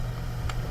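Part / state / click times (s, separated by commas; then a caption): drill bit into printed magnetic bit holder on drill / seated / 0.5 s. A drill bit is pushed into a slot of a printed magnetic bit holder attached to a Makita LXT 18V drill, where the magnets hold it with barely any friction. A small, brief click sounds at 0.5 s over a steady low hum. The bit seats in the holder.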